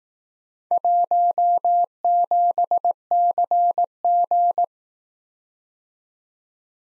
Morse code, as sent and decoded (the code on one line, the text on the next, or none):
.---- --... -.-. --.
17CG